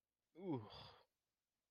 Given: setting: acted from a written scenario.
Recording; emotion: vocal sound without words; embarrassment